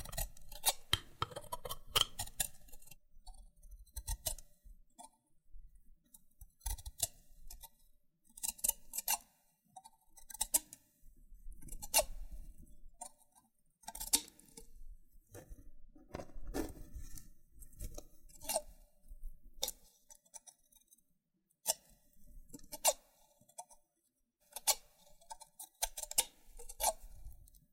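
Loofah being handled, with sharp, crisp clicks and snaps scattered irregularly throughout, often in quick bursts of several. Between bursts come softer rustling scrapes and brief quiet gaps, and the pace stays uneven across the whole stretch.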